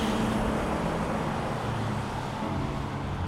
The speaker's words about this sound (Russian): Машина Марины останавливается посреди дороги